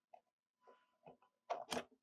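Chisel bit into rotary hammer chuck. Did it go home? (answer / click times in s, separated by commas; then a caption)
yes / 1.7 s. A pointed steel chisel is pushed fully into the SDS chuck of a JCB 1500W 21-RH 1500 rotary hammer. Faint scrapes and small ticks come first, then two louder sharp clacks near 1.5 and 1.7 seconds. The bit locks into the chuck at 1.7 seconds and is confirmed fully seated.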